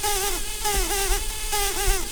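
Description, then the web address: Brown-banded carder bee buzzing steadily with a droning hum that wavers and dips in pitch repeatedly, over a constant background rumble. Queens. "Humilis queens"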